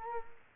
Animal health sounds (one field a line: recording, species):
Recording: mosquito wingbeat signal from an infrared sensor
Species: Culex quinquefasciatus